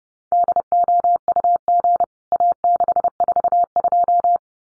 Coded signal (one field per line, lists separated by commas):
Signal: Morse code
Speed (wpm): 30 wpm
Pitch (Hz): 700 Hz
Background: none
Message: DOUG A642